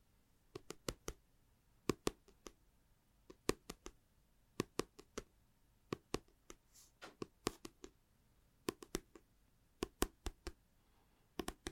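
Tapping in short bursts: quick sharp clicks come in clusters of two to four, separated by brief pauses, throughout the twelve seconds. Each tap is crisp and bright with a faint low thump beneath, over a quiet, steady background.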